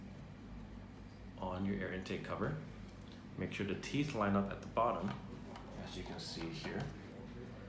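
Someone talks while handling the plastic air intake cover of a Blaux energy-saving electric portable ceramic heater, lining up its teeth at the bottom of the heater housing after the filter has been put back. Nothing has seated or clicked yet; the cover is not yet snapped into place.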